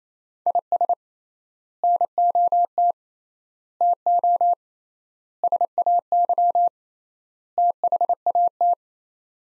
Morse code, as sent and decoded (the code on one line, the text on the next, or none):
.. ... / -. --- - / - --- / ... .- -.-- / - .... .- -
IS NOT TO SAY THAT